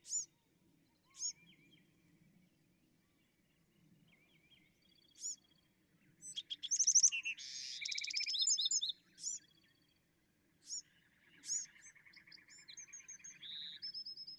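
Bewick's wren song, a loud burst of rapid buzzy trills midway, amid scattered high chips and whistles over a low background hum.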